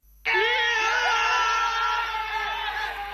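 The Leicester football squad, watching a match together on TV, erupts into loud, sustained cheering and screaming as Leeds' loss to Queen's Park Rangers secures their promotion. Many voices yell together at once with high-pitched whoops, starting abruptly and staying intense throughout.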